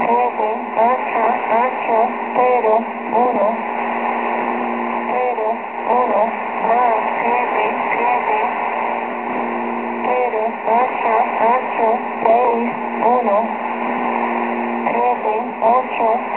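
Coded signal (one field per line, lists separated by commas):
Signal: numbers station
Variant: V2a, Spanish female voice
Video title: V2a Numbers station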